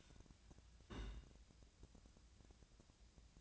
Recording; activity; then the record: daily activity, microphone in the room; place on stove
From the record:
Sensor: 2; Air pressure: 1009.8 hPa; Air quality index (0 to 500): 179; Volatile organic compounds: 10 ppm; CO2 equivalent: 2241 ppm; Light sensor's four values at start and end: 31/76/33/37 and 31/76/33/36